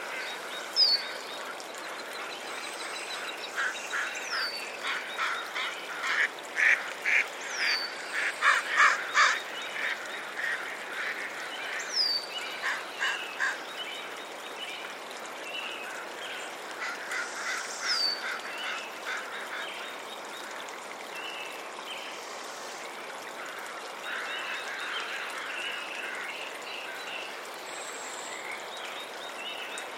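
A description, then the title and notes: A dawn chorus in an urban wetland, with many birds calling at once over a steady hiss of background noise. Rapid, raspy bursts cluster around 5–10 seconds, while high thin whistles and chirps pop up throughout. Dawn Chorus at Magnuson Park Urban Wetland Refuge. Seattle's a noisy town, full of background roar and cars.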